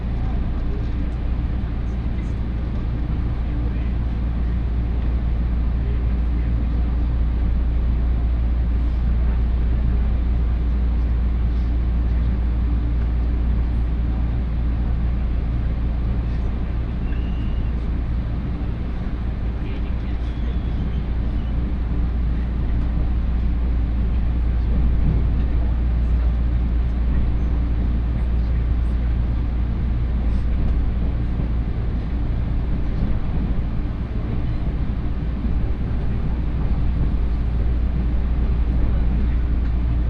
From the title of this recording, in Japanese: 東海道本線各駅停車 岐阜→名古屋